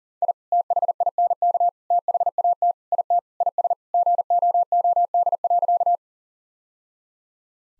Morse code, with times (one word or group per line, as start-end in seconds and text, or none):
0.2-0.3 I
0.5-1.7 THINK
1.9-2.7 THAT
2.9-3.2 IT
3.4-3.7 IS
3.9-6.0 GOOD.